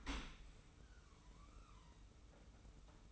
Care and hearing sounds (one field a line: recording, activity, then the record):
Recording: daily activity, microphone in the room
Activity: open dishwasher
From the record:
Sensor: 1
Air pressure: 991.3 hPa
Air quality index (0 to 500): 123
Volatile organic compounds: 254 ppm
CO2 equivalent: 4370 ppm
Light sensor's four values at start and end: 41/128/50/52 and 41/128/50/52